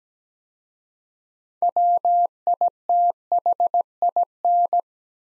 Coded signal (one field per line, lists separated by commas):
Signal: Morse code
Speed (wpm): 17 wpm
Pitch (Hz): 700 Hz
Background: none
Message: WITHIN